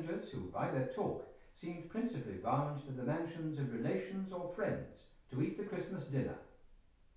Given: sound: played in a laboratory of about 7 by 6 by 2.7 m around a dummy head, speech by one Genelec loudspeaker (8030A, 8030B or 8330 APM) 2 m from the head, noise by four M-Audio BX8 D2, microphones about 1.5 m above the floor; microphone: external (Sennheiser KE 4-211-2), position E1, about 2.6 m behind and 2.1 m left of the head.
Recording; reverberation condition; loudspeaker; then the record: male speech in English; medium; 90 degrees to the left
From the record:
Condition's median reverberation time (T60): about 510 ms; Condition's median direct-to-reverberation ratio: about -0.5 dB